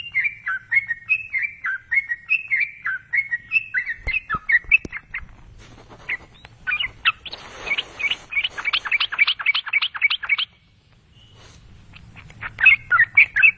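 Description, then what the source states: Yellow-vented bulbul song in quick descending chirp series, then a burst of scratchy noise, brief silence and a final rapid run of bright notes. Described as a champion songster.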